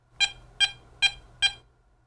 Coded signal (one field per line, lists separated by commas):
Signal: none